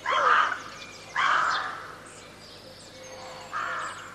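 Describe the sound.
Crow calls: three rasping caws, the last after a longer gap.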